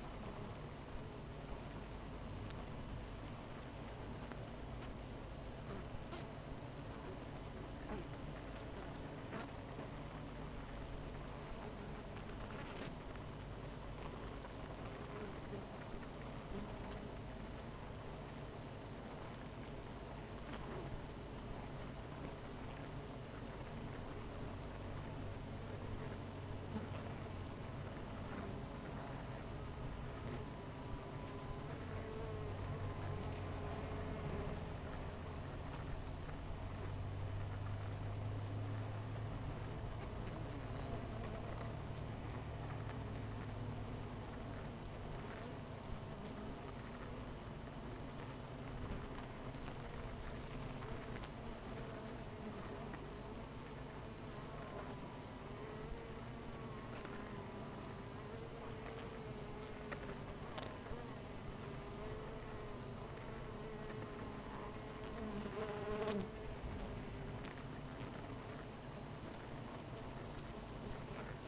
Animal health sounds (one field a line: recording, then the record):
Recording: honeybee colony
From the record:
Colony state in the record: missing queen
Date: 14 July 2017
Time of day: 9:05